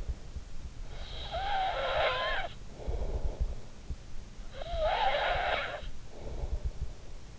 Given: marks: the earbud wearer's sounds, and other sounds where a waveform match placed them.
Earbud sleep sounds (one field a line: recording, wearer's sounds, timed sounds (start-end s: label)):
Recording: sounds in sleep by an in-ear microphone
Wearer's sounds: snoring breath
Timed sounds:
0.50-3.70 s: snoring breath
4.25-7.39 s: snoring breath